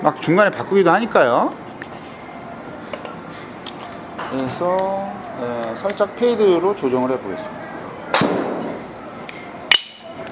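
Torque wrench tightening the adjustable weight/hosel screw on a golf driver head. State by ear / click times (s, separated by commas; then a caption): torque reached / 9.3 s, 9.7 s. Someone talks while adjusting a Callaway Great Big Bertha driver toward a fade setting, turning the club's adjustment torque wrench on the adjustable weight/hosel screw in the head. After some faint ticks, the wrench gives its double click at 9.3 s and 9.7 s, the second much louder. This confirms the screw has been tightened to the setting.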